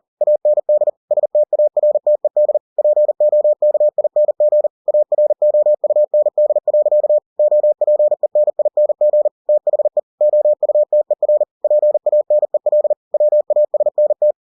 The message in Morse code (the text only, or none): AND STARTED POKING AROUND. OPENING THE OUTER PANEL WASNT